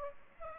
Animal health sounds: mosquito wingbeat signal from an infrared sensor; Aedes aegypti

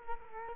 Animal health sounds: mosquito wingbeat signal from an infrared sensor; Culex quinquefasciatus

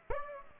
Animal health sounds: mosquito wingbeat signal from an infrared sensor; Aedes aegypti

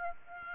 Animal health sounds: mosquito wingbeat signal from an infrared sensor; Aedes aegypti

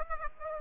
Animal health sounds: mosquito wingbeat signal from an infrared sensor; Aedes aegypti

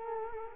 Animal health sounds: mosquito wingbeat signal from an infrared sensor; Culex quinquefasciatus

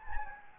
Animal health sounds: mosquito wingbeat signal from an infrared sensor; Anopheles gambiae

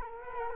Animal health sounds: mosquito wingbeat signal from an infrared sensor; Culex quinquefasciatus

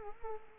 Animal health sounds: mosquito wingbeat signal from an infrared sensor; Culex quinquefasciatus

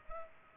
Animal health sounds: mosquito wingbeat signal from an infrared sensor; Culex pipiens

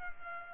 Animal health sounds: mosquito wingbeat signal from an infrared sensor; Culex pipiens

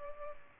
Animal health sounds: mosquito wingbeat signal from an infrared sensor; Culex pipiens

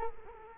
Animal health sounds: mosquito wingbeat signal from an infrared sensor; Culex quinquefasciatus

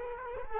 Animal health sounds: mosquito wingbeat signal from an infrared sensor; Culex quinquefasciatus

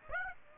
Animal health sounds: mosquito wingbeat signal from an infrared sensor; Aedes aegypti

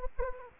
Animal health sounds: mosquito wingbeat signal from an infrared sensor; Anopheles gambiae

